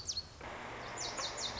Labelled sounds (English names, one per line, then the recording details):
Lazuli Bunting
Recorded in Sonoma County, California